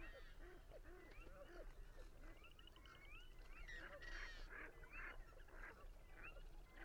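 Birds calling: many whistled and chattering notes overlap with lower honking calls, continuous throughout.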